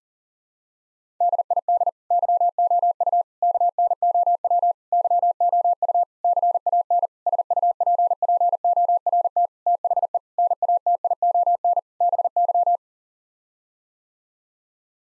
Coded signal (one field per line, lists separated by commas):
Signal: Morse code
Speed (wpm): 40 wpm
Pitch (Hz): 700 Hz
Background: none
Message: DID YOU KNOW YOU CAN SUPPORT THE NATION BY